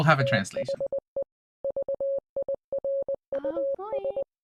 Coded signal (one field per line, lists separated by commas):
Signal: Morse code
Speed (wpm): 19 wpm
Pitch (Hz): 550 Hz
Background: speech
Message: THE VIRUS